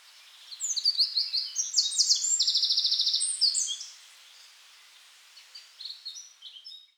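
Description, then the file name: Eurasian wren singing a rapid, piercing phrase of high notes with a hard buzzing trill in the middle, followed after a pause by fainter high twitters. "Troglodytes troglodytes"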